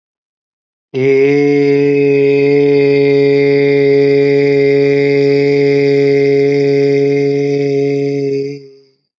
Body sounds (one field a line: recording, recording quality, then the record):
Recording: sustained vowel as in made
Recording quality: excellent, no background noise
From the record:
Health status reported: healthy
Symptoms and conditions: none ticked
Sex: male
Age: 37 years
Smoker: not ticked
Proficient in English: yes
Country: India